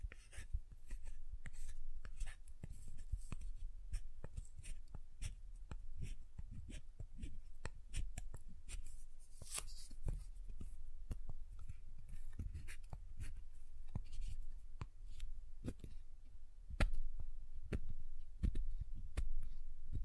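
Soap is tapped and carved with quick, irregular clicks and scrapes that come several times a second for the whole stretch. A low, soft rumble sits under the taps, and a few sharper, brighter strikes stand out around the middle and near the end.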